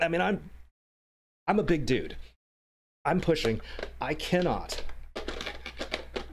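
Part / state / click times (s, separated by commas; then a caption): battery pack into the back of a studio flash head / seated / 5.9 s. Someone talks while struggling to push a battery pack into the back of a studio flash head, pressing hard and with a lot of force because it needs a fair amount of pressure. A series of short knocks and taps follows from about 5.3 s, and the battery snaps home and seats at 5.9 s.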